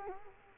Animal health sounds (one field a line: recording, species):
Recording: mosquito wingbeat signal from an infrared sensor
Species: Culex quinquefasciatus